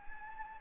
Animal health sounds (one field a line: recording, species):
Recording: mosquito wingbeat signal from an infrared sensor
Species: Anopheles gambiae